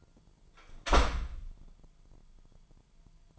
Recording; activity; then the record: daily activity, microphone in the room; close door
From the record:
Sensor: 5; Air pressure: 998.5 hPa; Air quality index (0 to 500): 82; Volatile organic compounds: 1 ppm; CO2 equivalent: 935 ppm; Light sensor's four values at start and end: 33/80/33/36 and 33/79/33/36